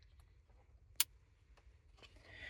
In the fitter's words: You want to make sure that when you make these connections, you plug it in till it clicks into place.